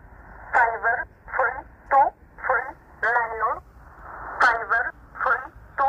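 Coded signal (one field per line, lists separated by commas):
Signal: numbers station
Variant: E11 'Oblique'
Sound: about nine short spoken words, evenly paced, through narrow tinny shortwave audio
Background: radio static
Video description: 13363 kHz USB - E11 'Oblique' Numbers Station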